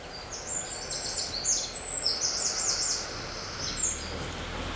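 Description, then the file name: Eurasian wren song: a long, rapid, very high series of trills and rattles lasting about four seconds over loud steady background noise. "Troglodytes troglodytes"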